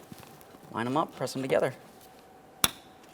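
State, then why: Seated. A plastic wiring harness connector in the door of a 2015-2019 Subaru Outback is lined up and pressed onto the power window regulator motor connector. Someone talks at first, then a sharp click is heard at 2.6 s as the two halves snap together and the connector seats.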